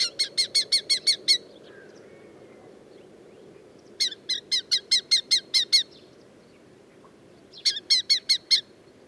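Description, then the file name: Red-footed falcon giving bursts of several shrill, clipped notes, with gaps of a few seconds between bursts and a faint low rumble underneath. "aftonfalk"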